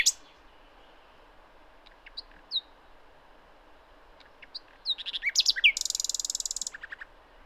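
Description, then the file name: Common nightingale song: scattered thin whistled notes, then a burst of sharp varied phrases ending in a rapid buzzy rattle and a few clicks. "Luscinia megarhynchos"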